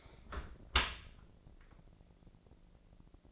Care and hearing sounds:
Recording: daily activity, microphone in the room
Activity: close dishwasher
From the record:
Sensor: 5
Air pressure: 1012.4 hPa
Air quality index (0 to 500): 158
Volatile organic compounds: 2 ppm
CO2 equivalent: 1073 ppm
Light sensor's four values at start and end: 114/273/116/130 and 114/273/116/131

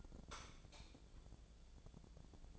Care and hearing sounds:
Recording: daily activity, microphone in the room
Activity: light off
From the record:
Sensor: 5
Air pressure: 1000.2 hPa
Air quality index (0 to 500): 106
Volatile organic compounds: 1 ppm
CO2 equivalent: 855 ppm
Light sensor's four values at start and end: 208/495/212/234 and 207/491/210/232

